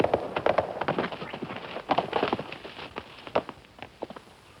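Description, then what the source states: Horse hooves: a run of loud clops that slows and fades, ending in quiet over the last second. Horse approaching and then stopping.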